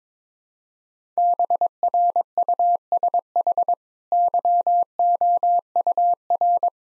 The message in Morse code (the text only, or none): BRUSH YOUR